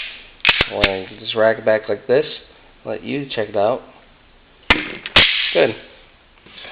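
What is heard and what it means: A handgun is handled near a formed kydex holster while someone talks, with several sharp, bright clicks from the gun heard between the speech. The pistol has not yet gone into the holster, and nothing has seated or clicked into the retention yet.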